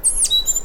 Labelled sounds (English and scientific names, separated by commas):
Stitchbird (Notiomystis cincta) song